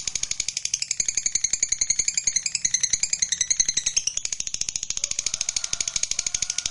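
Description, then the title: Lovebird chattering song, a fast continuous rattling trill of high, buzzy notes that rise and fall, going on without pause. Lovebird sound meant to stimulate a lazy, reluctant lovebird into singing spontaneously and eagerly. "LOVEBIRD Malas Bunyi JADI GREGET SPONTAN Langsung NARIK"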